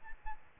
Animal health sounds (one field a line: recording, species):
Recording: mosquito wingbeat signal from an infrared sensor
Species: Aedes albopictus